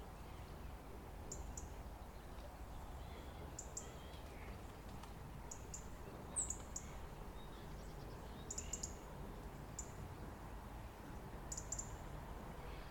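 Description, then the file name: European robin calls: brief high-pitched ticking notes, single or in quick pairs, spaced a second or two apart against steady low background noise. "Erithacus rubecula"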